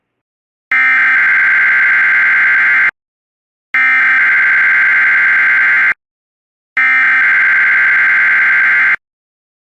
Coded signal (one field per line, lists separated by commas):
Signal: Emergency Alert System (SAME) tones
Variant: header bursts